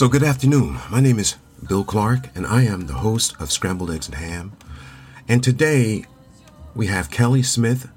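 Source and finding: Man. Normal adult male speech.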